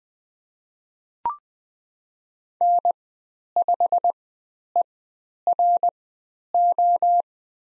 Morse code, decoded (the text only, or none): N5ERO